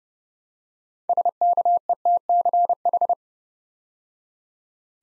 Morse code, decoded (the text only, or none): SKETCH